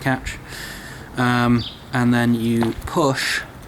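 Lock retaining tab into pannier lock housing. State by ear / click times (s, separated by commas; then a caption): not seated / none. A small retaining tab is being handled at the lock housing of an SW-Motech TRAX ION pannier on a BMW F900R, about to be pushed into the grooves of the lock cylinder while someone talks. Only speech and faint handling are heard, and nothing has seated or clicked yet.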